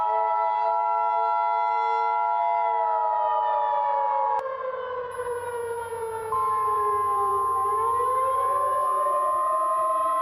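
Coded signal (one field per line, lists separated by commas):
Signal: Emergency Alert System (SAME) tones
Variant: 853 and 960 Hz attention tone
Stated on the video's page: Fictional coastal warning EAS scenario that may contain valid tones.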